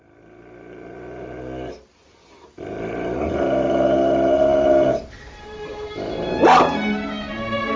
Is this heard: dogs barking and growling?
yes